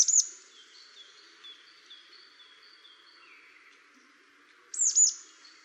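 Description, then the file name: Marsh tit calls, a sharp high descending note at the start and a clipped double note near the end, with faint background notes in between. "Poecile palustris"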